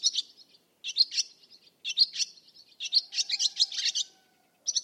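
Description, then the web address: Bird song of quick, high twittering notes running into a fast chattering trill, then a short pause and another burst. "Bird Only"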